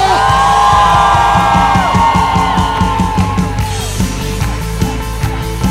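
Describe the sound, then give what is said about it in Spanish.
A Spanish-speaking church audience lets out a loud, sustained shout of joy in praise to God during worship, voices whooping and yelling together over a steady, pounding musical beat that continues as the cheering slowly tapers. “Y por eso te damos un fuerte grito de júbilo.”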